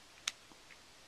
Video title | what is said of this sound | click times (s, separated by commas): Kreyos Meteor Unboxing | a little click | 0.3 s